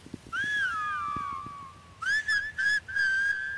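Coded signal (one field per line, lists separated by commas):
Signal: whistled language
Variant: Silbo Gomero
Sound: loud human whistle gliding up and down in several short connected phrases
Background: faint low rumble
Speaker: Le Silbau, un langage sifflé vieux de 2000 ans.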